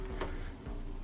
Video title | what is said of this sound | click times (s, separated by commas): Epson Expression Premium XP-6100: How to Replace Ink Cartridges | And you'll hear a little click when you've raised that enough, and it'll take its own weight once it's at this point. | 0.2 s